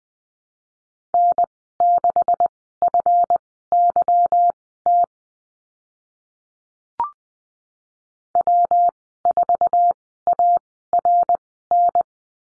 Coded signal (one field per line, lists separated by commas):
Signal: Morse code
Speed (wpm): 20 wpm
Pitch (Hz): 700 Hz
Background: none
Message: N6FYT W4ARN